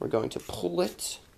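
Someone talks while the folding metal stock of an HFC Mac 11 airsoft gas SMG is being pulled out of the receiver. The stock is handled but not yet locked open, and nothing has seated or clicked yet.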